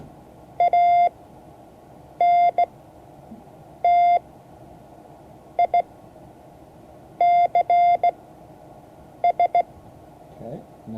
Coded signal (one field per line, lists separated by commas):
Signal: Morse code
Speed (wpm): 15 wpm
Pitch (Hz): 690 Hz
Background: none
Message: ANTICS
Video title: Morse code class 2024-07-21 (1 of 12)